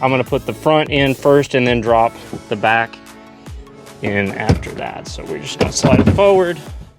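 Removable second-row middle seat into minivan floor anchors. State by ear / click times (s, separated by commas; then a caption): not seated / none. A removable second-row middle seat, which has four contact points on the bottom, is handled over the minivan floor anchors while someone talks; the plan is to put the front in first and slide it forward, then drop the back in. A soft bump is heard around 3.5 s, but the clip ends before the latches engage, so nothing has seated or clicked into the floor yet.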